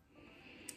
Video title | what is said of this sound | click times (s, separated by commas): How To Thread Your Sewing Machine // FIX TENSION ISSUES | the bobbin winder, and then you're gonna hear a click. | 0.7 s